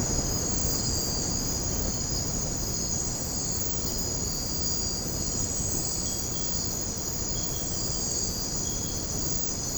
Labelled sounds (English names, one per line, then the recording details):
none
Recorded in secondary vegetation near Puerto Asís, Putumayo, Colombia, on 13 March 2025 at 01:30
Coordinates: 0.481, -76.318
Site G097